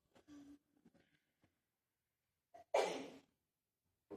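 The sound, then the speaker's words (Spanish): A person speaking takes a drink of water: a few small, soft sipping and swallowing noises, then a pause and a loud, breathy exhale like a sigh, with a brief breath at the end. “Permiso, voy a tomar agüita.”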